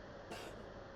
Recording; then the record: coughing mixed with background sound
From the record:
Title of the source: 61 morning phlegmy cough...again